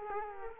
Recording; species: mosquito wingbeat signal from an infrared sensor; Culex quinquefasciatus